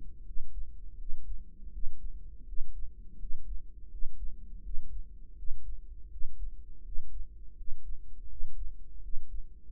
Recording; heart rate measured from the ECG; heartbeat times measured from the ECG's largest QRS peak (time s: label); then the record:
heart sounds by microphone in the right ear; 82 bpm
0.27 s: heartbeat
0.99 s: heartbeat
1.73 s: heartbeat
2.48 s: heartbeat
3.21 s: heartbeat
3.92 s: heartbeat
4.64 s: heartbeat
5.38 s: heartbeat
6.12 s: heartbeat
6.85 s: heartbeat
7.58 s: heartbeat
8.30 s: heartbeat
9.03 s: heartbeat
From the record:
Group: healthy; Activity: rest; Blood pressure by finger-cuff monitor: 132/81 mmHg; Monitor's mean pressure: 97 mmHg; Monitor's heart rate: 82 bpm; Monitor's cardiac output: 7 L/min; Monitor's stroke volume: 85 mL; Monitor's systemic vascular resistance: 1030 dyn s/cm5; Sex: male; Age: 21 years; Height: 175 cm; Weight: 72.6 kg